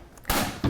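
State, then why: Seated. An optical drive is slid into a PC case's tool-less 5.25-inch drive bay after a small lever on the bay is pulled back. A faint tick at 0.2 s leads into a loud, broad clack at 0.3 s as the drive latches and locks into place, followed by a smaller knock at 0.6 s. The drive is seated.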